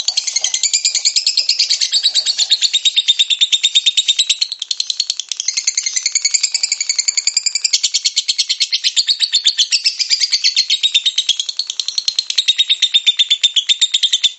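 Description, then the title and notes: Lovebird pouring out one long, loud, unbroken rattle of fast buzzy notes, wavering slightly in pitch. Lovebird ngekek song, described as very long, used as kicau pancingan, a bait song to prompt other lovebirds to sing. "Master Kicau Lovebird ngekek, kicau pancingan"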